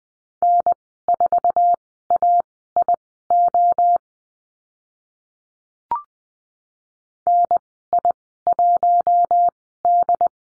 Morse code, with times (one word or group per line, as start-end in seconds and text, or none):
0.4-4.0 N4AIO
7.3-10.3 NI1D